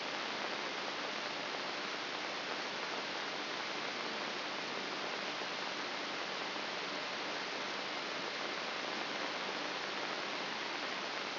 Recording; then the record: brain microelectrode recording played as sound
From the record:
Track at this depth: inside the subthalamic nucleus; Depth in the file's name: 2.704 mm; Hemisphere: left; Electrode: 3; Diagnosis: Parkinson's disease